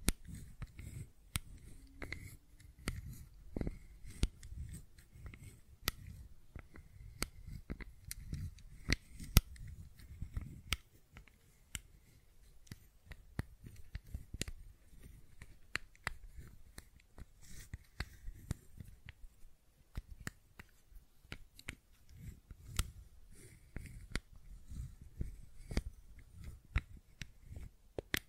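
Fidget cube clicks and taps come in quick irregular bursts with soft low rustling beneath, thinning out around twenty seconds before picking up again.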